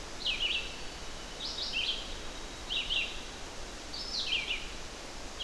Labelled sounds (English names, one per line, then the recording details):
Red-eyed Vireo song
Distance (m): 15 m
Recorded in boreal forest in Alberta, Canada, on 12 June 2016 at 06:37
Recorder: SongMeter 3, array SBT-3-18
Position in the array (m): 237 m, 101 m